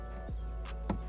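A button under the red locking clip of a plastic electrical connector, on a sensor of a truck's stock air intake, is pressed while the intake is being removed. Over a steady tonal background, a single sharp click sounds at 0.9 s as the clip releases. The connector then comes off.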